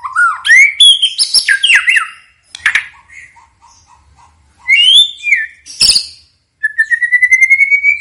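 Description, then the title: White-rumped shama song of fast tumbling whistles and harsh clicks, a few soft low notes in a pause, then a steady rising whistled trill. Song used as a lure to make birds respond. "PANCINGAN MEWAH MURAI BATU GACOR, SEKALI DENGAR AMPUH LANGSUNG RESPON"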